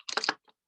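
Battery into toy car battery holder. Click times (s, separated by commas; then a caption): 0.2 s. An AA battery is pressed tightly into the plastic holder of a wind-power toy car and pushed to the side. A quick burst of clicking and rattling runs from about 0.1 to 0.35 seconds, with the snap at 0.2 seconds, followed by one faint tap near 0.5 seconds. The snap shows the battery is seated in the holder.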